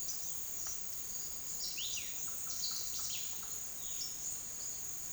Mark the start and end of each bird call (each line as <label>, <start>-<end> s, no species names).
bird call, 0.69-5.13 s